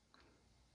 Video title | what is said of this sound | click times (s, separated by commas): CJRB TUNDRA KNIFE REVIEW – BEST LARGE HEAVY DUTY FOLDING EDC KNIFE?! 🔥 | as the blade is rotating around, it's going to swing over and lock into place. | 0.1 s